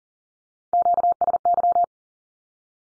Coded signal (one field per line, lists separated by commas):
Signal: Morse code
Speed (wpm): 40 wpm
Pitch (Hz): 700 Hz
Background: none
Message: QSY